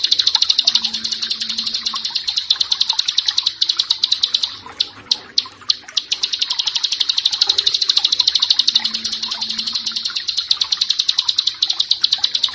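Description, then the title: Bar-winged prinia giving a dense, rapid, high trilled song that falters briefly midway before resuming, with a faint low hum underneath. "Ciblek Sawah"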